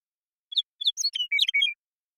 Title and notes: Western Meadowlark, Sturnella neglecta, song, contact calls, and flush, isolated and processed from original, natural pace and rhythm maintained, family: Troupials and Allies Recorded in the beautiful Pacific Northwest in Washington, United States